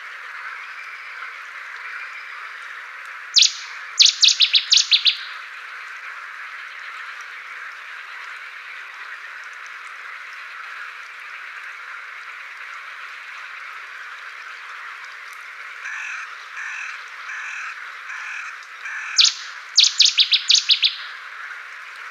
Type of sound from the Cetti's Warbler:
song